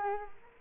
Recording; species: mosquito wingbeat signal from an infrared sensor; Culex quinquefasciatus